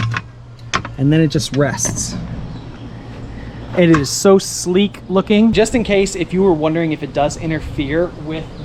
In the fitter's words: which just sits right there. You'll hear it click.